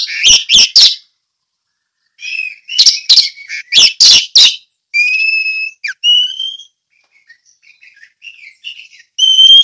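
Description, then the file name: Orange-headed thrush song: a few sharp loud bursts, then clear whistled notes with overtones, quieter twittering and a final bright whistle. Song in the ngeplong style. "anis merah ngeplong"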